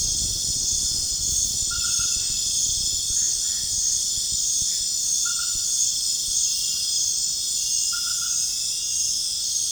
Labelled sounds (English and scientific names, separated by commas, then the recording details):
none
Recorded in pastures near Puerto Asís, Putumayo, Colombia, on 29 June 2025 at 20:30
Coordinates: 0.466, -76.322
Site GP07